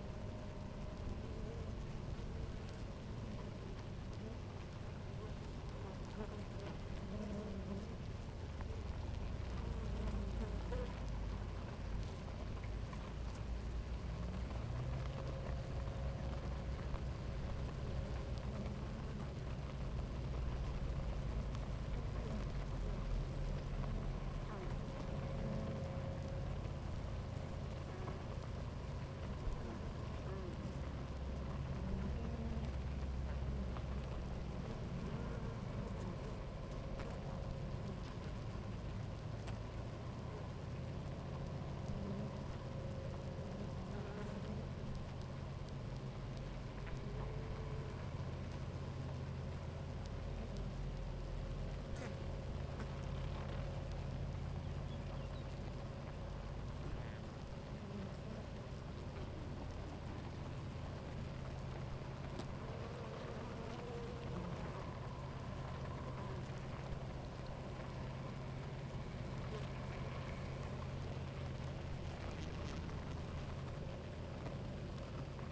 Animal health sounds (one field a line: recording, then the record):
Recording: honeybee colony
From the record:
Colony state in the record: active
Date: 28 July 2017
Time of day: 11:28